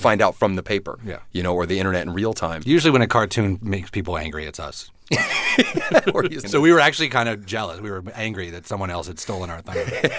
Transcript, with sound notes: And you find out from the paper, you know, or the Internet in real time. Usually when a cartoon makes people angry, it's us. (Soundbite of laughter) So we were actually kind of jealous. We were angry that someone else had stolen our thunder.